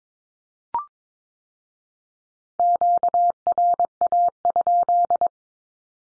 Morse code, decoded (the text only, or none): QRA?